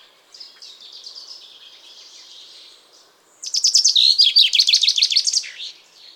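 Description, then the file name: Common chaffinch song: a soft, blurred phrase first, then a bright, rattling trill of repeated notes that descends and finishes with an abrupt flourish. "Fringilla coelebs"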